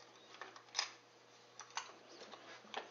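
A box magazine is handled at its retaining clip in a polymer rifle stock, giving a few light, sharp plastic taps and knocks over a faint steady hum, the loudest near 0.8 s. The magazine has not snapped into place yet, and nothing has seated.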